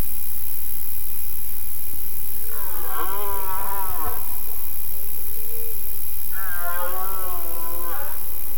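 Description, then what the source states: Red deer bellowing: two drawn-out, rough, harmonic roars separated by a softer moan, over a constant loud hiss. Rutting bellows (le brame) recorded in the Forêt de la Double, Dordogne, Périgord.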